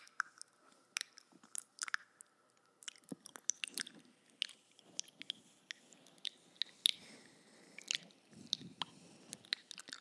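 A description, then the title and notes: Mouth sounds: wet clicks, smacks and crunchy chewing bites pop out in quick, irregular bursts throughout. A faint steady tone hums under the first three seconds, and the middle and end grow busier with soft moist squishing between sharp clicks. Hyper Intense Binaural Mouth Sounds. First time ever using a 3Dio Mic to test the sounds....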